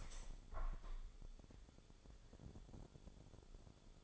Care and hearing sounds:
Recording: daily activity, microphone in the room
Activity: open window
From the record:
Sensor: 5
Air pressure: 1015.0 hPa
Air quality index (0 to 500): 96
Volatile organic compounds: 2 ppm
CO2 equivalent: 1028 ppm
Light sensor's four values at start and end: 35/80/32/31 and 35/80/32/31

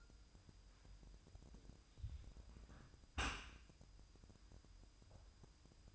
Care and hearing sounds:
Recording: daily activity, microphone in the room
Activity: close dishwasher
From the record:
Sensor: 2

